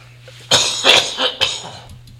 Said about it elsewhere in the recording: Caught a little something in my throat there. You can hear the host cough.